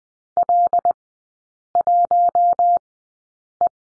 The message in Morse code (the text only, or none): L1E